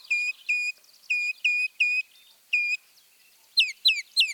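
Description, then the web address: Northern mockingbird song: six even, flat whistled notes, then three quick down-slurred notes. Mimicry in the song of the Northern mockingbird. "Birding by Ear, Eastern and Central North America - Peterson Guides. Mimics Northern Mockingbird"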